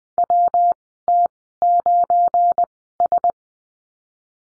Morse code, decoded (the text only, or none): WT9S